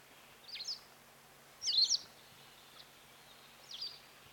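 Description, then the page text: White wagtail: a few short bursts of high, squeaky chirps, one loudest, over a soft steady background hum. "Дарвиновский музей - Белая трясогузка"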